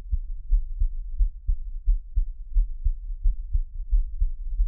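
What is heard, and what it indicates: Close-up heartbeat of an adult, with normal heart sounds and no talking, made as a Taiwanese ASMR track.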